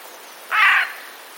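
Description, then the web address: Eurasian jay screech: one loud, hoarse, rasping note, abrupt in onset, then quiet. Alarm calls, recorded 26 September 2021. "wroblowe ostrzegator sojka"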